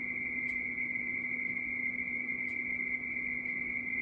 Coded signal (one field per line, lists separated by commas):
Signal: RTTY